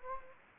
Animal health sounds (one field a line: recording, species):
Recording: mosquito wingbeat signal from an infrared sensor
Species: Anopheles gambiae